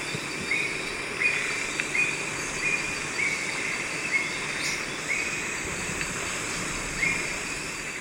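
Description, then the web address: Crested eagle calls: short, high thin notes repeated at uneven intervals over a loud, steady insect chorus. Ecuador. "Natures Songs S America Birds of Ecuador. Crested Eagle"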